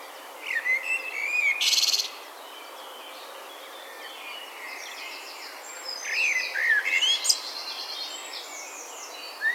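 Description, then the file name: Common blackbird giving a warbled phrase, then after a pause another with a squeaky end, and a brief note at the very end. "Turdus merula"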